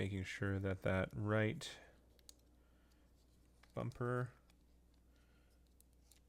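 A plastic shoulder bumper assembly is handled against the frame of a Nintendo Joy-Con handheld game controller while someone talks at the start and again around 4 seconds. Faint, brief handling ticks are heard near 2.2, 2.3, 3.6, 5.8 and 6.1 seconds. The bumper has not yet slid into place, so nothing has seated or clicked yet.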